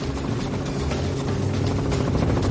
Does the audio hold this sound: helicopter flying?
yes